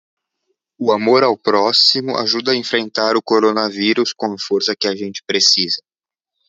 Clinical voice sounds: spoken sentence; Brazilian Portuguese; male; 30 to 39 years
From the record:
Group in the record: control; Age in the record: 37 years

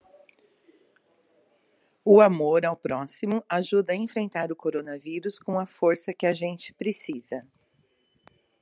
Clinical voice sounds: spoken sentence; Brazilian Portuguese; female; 50 to 59 years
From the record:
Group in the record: control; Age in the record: 58 years

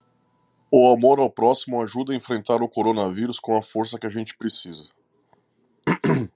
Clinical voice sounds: spoken sentence; Brazilian Portuguese; male; 30 to 39 years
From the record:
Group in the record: control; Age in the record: 35 years

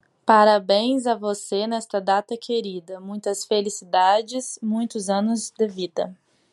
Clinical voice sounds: short text; Brazilian Portuguese; female; 20 to 29 years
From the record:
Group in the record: control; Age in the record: 29 years

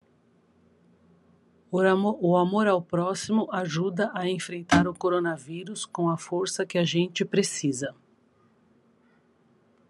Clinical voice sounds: spoken sentence; Brazilian Portuguese; female; 50 to 59 years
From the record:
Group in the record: control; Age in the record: 58 years

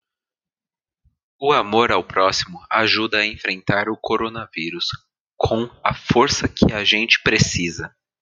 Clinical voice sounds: spoken sentence; Brazilian Portuguese; male; 20 to 29 years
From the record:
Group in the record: control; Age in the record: 24 years

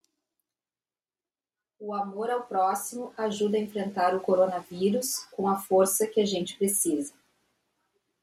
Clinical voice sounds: spoken sentence; Brazilian Portuguese; female; 40 to 49 years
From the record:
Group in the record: control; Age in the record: 49 years

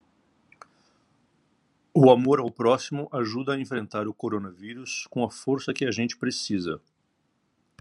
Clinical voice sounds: spoken sentence; Brazilian Portuguese; male; 50 to 59 years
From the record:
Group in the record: control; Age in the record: 54 years

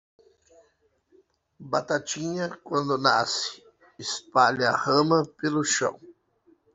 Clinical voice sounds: short text; Brazilian Portuguese; male; 40 to 49 years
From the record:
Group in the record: control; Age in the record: 47 years

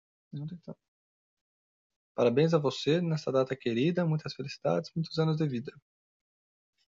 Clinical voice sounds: short text; Brazilian Portuguese; male; 20 to 29 years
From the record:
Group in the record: control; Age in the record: 28 years

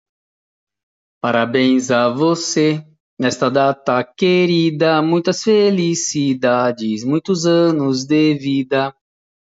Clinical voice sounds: short text; Brazilian Portuguese; male; 40 to 49 years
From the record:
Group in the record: control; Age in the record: 42 years

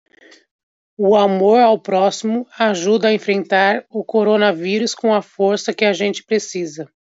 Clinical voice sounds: spoken sentence; Brazilian Portuguese; female; 30 to 39 years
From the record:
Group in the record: control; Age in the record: 35 years

